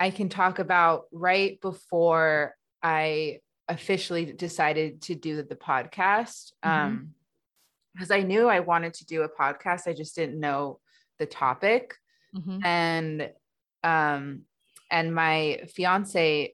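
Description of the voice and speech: Adult woman speaking with stuttering, which she describes as inconsistent. Speech is broken by pauses and prolonged sounds, including a drawn-out "I" and a lengthened "my".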